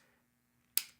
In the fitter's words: press it in and if everything was lined up it'll lock into place you'll hear it click and